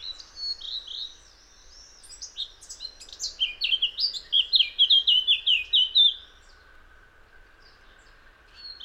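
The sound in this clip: Eurasian blackcap: a soft twittering start building into loud, fluting whistled notes in quick succession, then silence with a faint background hum.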